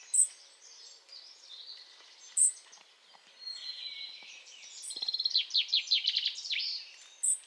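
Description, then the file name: European robin song: high, sweet warbling phrases with sharp piercing notes, building into a rapid run of quick repeated notes before a final high note. "Erithacus rubecula"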